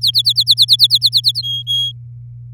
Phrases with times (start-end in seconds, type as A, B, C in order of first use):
0.01-1.42 A, 1.42-1.92 B